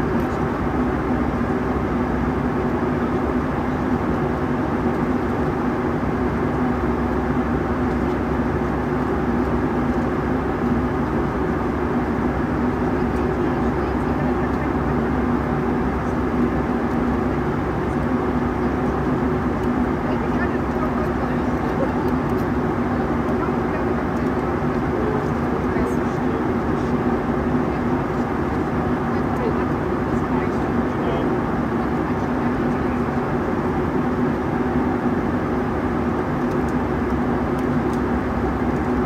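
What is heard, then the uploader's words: Inside a Boeing 757 in flight, the engines make a steady, dense roar that holds unchanged for the whole stretch. The low drone dominates, with a brighter hiss above it, and faint murmurs of voices occasionally surface beneath the noise. FULL FLIGHT - Boeing 757 Frankfurt to Palma (Condor) - WHITE NOISE. Full flights with all of it's sounds including passenger announcements, service and of course the engines.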